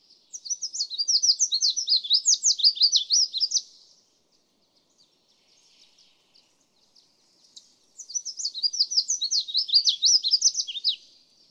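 Red-faced warbler giving two lively, high-pitched warbled songs of rapid sweet notes, separated by about four seconds of near silence with faint ticks.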